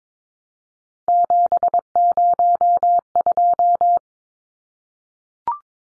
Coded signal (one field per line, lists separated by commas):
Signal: Morse code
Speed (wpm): 22 wpm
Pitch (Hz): 700 Hz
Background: none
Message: 702